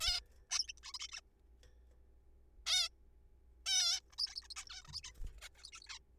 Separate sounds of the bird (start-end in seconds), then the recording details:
0.01-0.20, 0.51-0.67, 0.68-0.72, 0.83-0.92, 0.94-0.98, 1.00-1.07, 1.09-1.11, 1.12-1.21, 2.66-2.89, 3.66-4.00, 4.12-4.15, 4.18-4.35, 4.36-4.42, 4.42-4.47, 4.50-4.54, 4.56-4.65, 4.67-4.82, 4.82-4.84, 4.85-4.87, 4.88-4.92, 4.93-5.01, 5.04-5.12, 5.42-5.49, 5.55-5.63, 5.64-5.70, 5.73-5.80, 5.82-5.83, 5.84-5.99. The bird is a juvenile. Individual R3428